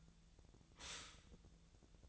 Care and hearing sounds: daily activity, microphone in the room; stop toaster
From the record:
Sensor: 3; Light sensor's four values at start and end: 32/81/34/37 and 32/81/34/37

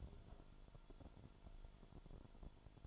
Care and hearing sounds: daily activity, microphone in the room; take from stove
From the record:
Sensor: 5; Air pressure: 1008.0 hPa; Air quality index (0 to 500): 110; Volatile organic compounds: 1 ppm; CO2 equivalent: 851 ppm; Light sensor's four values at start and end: 27/57/25/26 and 28/58/25/26

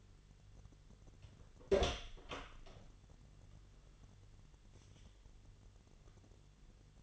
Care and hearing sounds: daily activity, microphone in the room; open door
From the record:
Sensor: 4

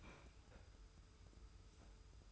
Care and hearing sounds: daily activity, microphone in the room; open fridge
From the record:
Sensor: 2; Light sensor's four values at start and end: 22/53/21/21 and 22/53/21/21

